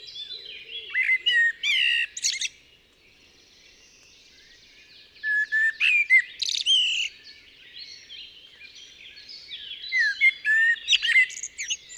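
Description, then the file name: Common blackbird delivering three loud phrases of whistled notes and squeaky trills, each a couple of seconds long, with other birds chirping softly throughout. "Turdus merula"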